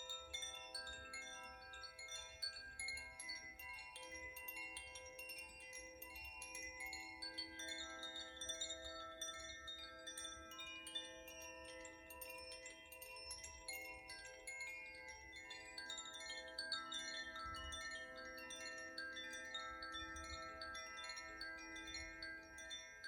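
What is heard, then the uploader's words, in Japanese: Koshi and Zaphir chimes for the earth and wind elements ring continuously, their bright tinkling strikes overlapping into a dense shimmer of sustained, layered tones. Long notes hang in the middle register while quick high strikes repeat throughout, over a soft low rumble. マキノ式チャイム演奏 土と風。土と風のエレメントのコシチャイム とザフィアチャイムの演奏です。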